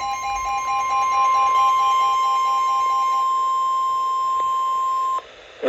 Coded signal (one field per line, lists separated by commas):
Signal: Emergency Alert System (SAME) tones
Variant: 1050 Hz attention tone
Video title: Eas alerts, I have not uploaded eas alerts from 8/3/22-/5/8/24 Eas 733-801